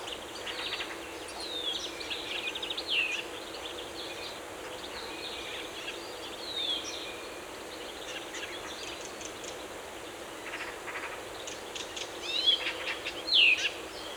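Birds calling in a forest, scattered high chirps and a few quick sharp down-slurred whistles, the loudest near the end, over a steady hiss of background noise.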